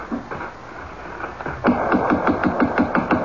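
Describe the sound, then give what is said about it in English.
A rapid, steady series of solid knocks on the door of a closed-up five-story house with its shades drawn, about eight firm raps in quick succession after a quieter stretch of faint tapping at the start. “Well, knock.”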